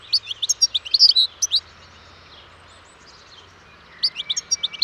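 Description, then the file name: European goldfinch giving bursts of bright, high twittering chirps, a pause of a few seconds, then another short twittering burst. "Carduelis carduelis"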